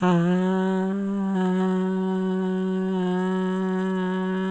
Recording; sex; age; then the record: sustained vowel /a/; female; 50 to 59 years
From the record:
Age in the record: 58 years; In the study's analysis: excluded